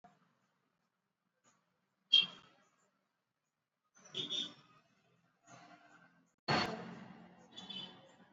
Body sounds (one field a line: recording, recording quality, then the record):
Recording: deep breathing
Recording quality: poor, much background noise or distortion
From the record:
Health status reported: exposed to COVID-19, no respiratory illness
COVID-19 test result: not tested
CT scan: not taken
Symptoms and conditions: cough, cold, fever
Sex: male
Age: 44 years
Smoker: no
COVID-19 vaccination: both doses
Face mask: worn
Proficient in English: yes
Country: India